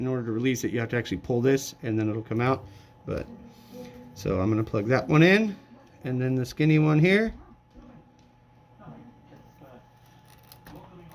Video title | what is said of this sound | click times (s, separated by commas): How to Fix / Repair Whirlpool Refrigerator Water Dispenser Leaking Problem | and that's it. They locked into place. | 10.5 s, 10.7 s